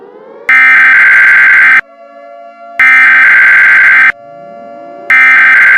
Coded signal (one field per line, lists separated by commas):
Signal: Emergency Alert System (SAME) tones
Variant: header bursts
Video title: EAS Scenario - The Armageddon